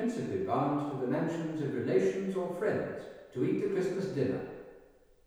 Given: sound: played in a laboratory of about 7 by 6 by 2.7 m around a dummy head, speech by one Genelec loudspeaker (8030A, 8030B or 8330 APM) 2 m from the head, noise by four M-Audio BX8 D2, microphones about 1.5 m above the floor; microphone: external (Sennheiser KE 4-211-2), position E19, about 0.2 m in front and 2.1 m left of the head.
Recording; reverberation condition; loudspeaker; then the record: male speech in English; high; in front (0 degrees)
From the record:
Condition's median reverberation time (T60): about 1300 ms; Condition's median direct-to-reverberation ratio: about -4.0 dB